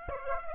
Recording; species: mosquito wingbeat signal from an infrared sensor; Aedes aegypti